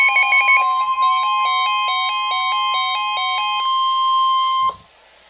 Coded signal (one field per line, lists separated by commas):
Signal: Emergency Alert System (SAME) tones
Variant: 1050 Hz attention tone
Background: music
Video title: Real EAS #352 - Severe Thunderstorm Warning